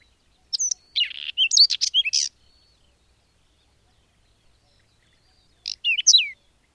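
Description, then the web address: Bird song: a rich, high-pitched phrase of whistled slurs and buzzy notes lasting almost two seconds, then a shorter similar phrase a few seconds later. "madarak enek"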